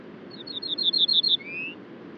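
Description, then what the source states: Ortolan Bunting song: several clear notes repeated evenly, ending in one longer, lower, rising drawn-out note. Male singing on a larch at the treeline, about 400 m below the Col du Granon (2400 m), Hautes-Alpes above Briançon, at dawn, 23 June 2018.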